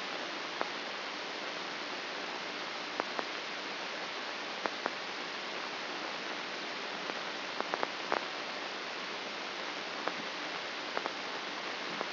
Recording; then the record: brain microelectrode recording played as sound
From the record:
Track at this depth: inside the subthalamic nucleus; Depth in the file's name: 5.629 mm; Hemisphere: left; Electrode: 2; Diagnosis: Parkinson's disease